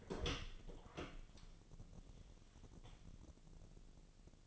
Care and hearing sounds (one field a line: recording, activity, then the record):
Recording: daily activity, microphone in the room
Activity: open door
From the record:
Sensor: 4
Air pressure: 1001.2 hPa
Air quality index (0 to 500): 184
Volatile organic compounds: 3 ppm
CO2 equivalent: 1316 ppm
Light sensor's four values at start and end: 16/38/15/16 and 15/34/14/14